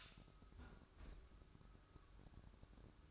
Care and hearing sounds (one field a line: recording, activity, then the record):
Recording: daily activity, microphone in the room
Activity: close fridge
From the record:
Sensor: 2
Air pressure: 1007.6 hPa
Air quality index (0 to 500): 49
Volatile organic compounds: 1 ppm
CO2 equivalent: 566 ppm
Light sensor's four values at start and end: 10/24/10/10 and 10/24/10/10